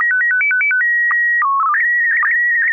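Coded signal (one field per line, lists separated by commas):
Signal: SSTV (slow-scan television)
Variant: PD 120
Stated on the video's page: Weekly amateur SSTV net on a 441.30 MHz FM repeater, images exchanged using MMSSTV software.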